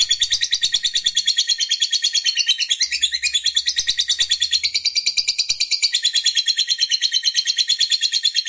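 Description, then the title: Lovebird singing a rapid, high, scratchy chatter, continuous and fairly even, with the texture changing briefly midway. Fighter lovebird, described as gacor, singing energetically. "Berkat SUARA Lovebird FIGHTER GACOR Ini"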